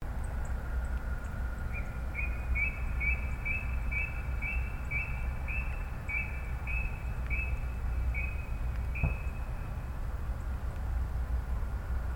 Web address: koe kuina